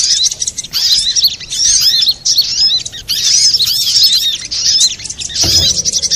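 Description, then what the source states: Little spiderhunter: rapid high chirps in irregular bursts, pausing briefly, with a low knock near the end. Master recording for training cage birds.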